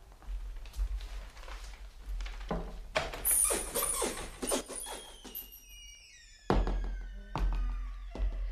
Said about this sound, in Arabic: وذات صباح دق الباب عليها فأرهفت أذنيها.